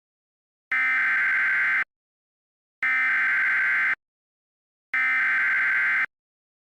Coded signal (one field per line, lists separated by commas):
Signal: Emergency Alert System (SAME) tones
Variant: header bursts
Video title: EAS Mock: PDS SVR